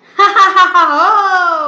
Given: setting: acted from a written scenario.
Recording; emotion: vocal sound without words; triumph